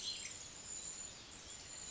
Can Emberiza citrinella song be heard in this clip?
no